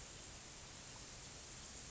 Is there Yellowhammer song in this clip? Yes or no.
no